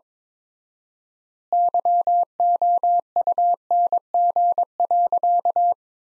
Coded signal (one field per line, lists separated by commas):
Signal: Morse code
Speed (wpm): 22 wpm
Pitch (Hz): 700 Hz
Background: none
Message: YOUNG.